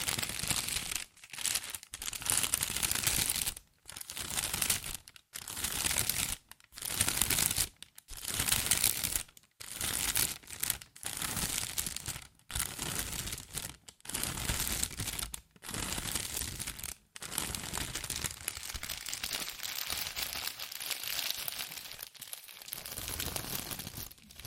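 Fast scratching and tracing on cardboard and paper in dense bright bursts, broken by short silent gaps every second or two.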